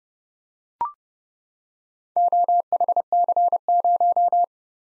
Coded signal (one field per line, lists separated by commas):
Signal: Morse code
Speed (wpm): 30 wpm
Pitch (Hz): 700 Hz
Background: none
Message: OHC0